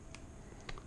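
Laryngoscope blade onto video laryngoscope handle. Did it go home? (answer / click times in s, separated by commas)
yes / 0.7 s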